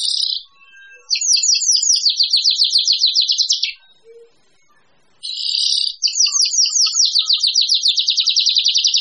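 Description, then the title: Birdsong with a brief burst, then two long bouts of quick, high chattering notes split by a short quiet gap with a faint low note. A mix of different birds. "manuk campur"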